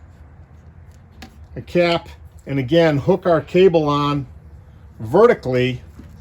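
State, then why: Not seated. Someone talks while handling a battery power cable connector that is being hooked on vertically toward a battery terminal socket, with a brief faint tap near 1.2 s. Nothing has seated or clicked yet.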